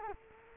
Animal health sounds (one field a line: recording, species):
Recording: mosquito wingbeat signal from an infrared sensor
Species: Culex quinquefasciatus